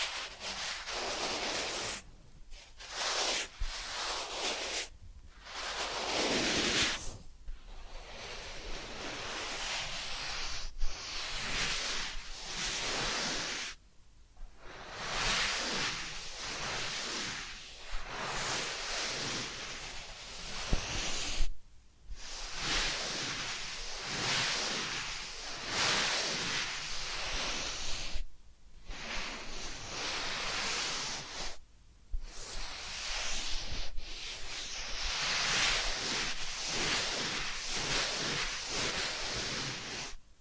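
Massage and ear-cleaning sounds form a dense, rushing rub and hiss that fills nearly the whole clip, swelling and easing in uneven strokes. Brief silent breaks cut in every few seconds, around 2, 5, 7, 14, 21 and 28 seconds.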